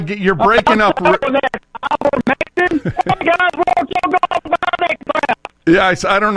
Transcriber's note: caller connection breaks up